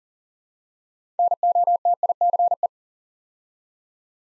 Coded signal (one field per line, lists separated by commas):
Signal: Morse code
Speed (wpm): 41 wpm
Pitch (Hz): 700 Hz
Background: none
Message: NOTICE